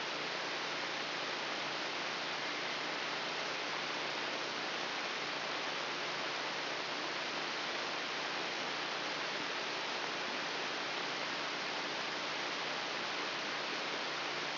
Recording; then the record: brain microelectrode recording played as sound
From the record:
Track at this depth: inside the subthalamic nucleus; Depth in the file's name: 4.307 mm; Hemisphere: left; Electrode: 3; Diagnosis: Parkinson's disease